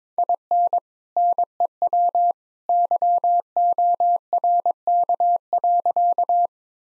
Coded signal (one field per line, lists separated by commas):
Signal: Morse code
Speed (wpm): 21 wpm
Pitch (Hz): 700 Hz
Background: none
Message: IN NEW YORK.